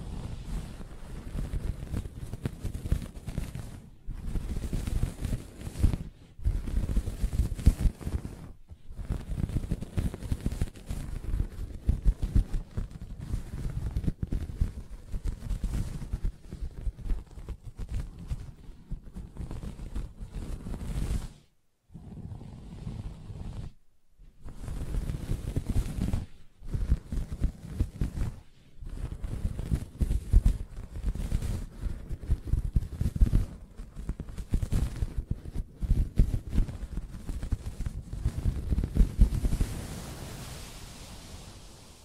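Soft tapping and scratching on a fabric surface, a dense, muffled stream of low thuds and brushing rubs that runs nearly continuously. Brief gaps break it around 4, 6, 8 seconds and a longer pause near 21–24 seconds before the scratching resumes.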